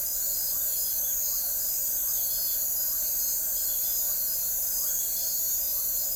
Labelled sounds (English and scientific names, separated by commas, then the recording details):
none
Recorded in forest near Pivijay, Magdalena, Colombia, on 2 June 2023 at 22:30
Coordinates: 10.467, -74.380
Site Z5-G034